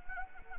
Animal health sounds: mosquito wingbeat signal from an infrared sensor; Anopheles arabiensis

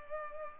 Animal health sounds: mosquito wingbeat signal from an infrared sensor; Culex pipiens

